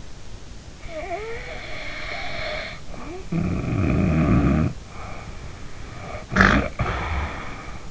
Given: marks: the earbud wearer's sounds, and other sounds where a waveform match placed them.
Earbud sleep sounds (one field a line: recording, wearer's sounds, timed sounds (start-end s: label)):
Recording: sounds in sleep by an in-ear microphone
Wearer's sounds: snoring breath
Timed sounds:
0.80-4.86 s: snoring breath
4.99-7.91 s: snoring breath